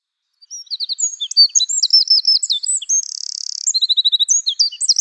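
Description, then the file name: Eurasian wren song, a loud rapid cascade of high trilled and twittering notes, with a fast buzzy rattle in the middle, running continuously after a brief silent start. "troglodytes troglodytes"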